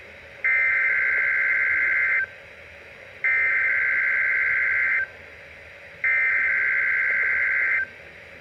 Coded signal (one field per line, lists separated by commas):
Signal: Emergency Alert System (SAME) tones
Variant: header bursts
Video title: EAS #1,729-1,731 (TRIPLE-HEADER) NOAA Weather Radio (WR-400/WR-300) High Wind Warnings #3-5 2/15/25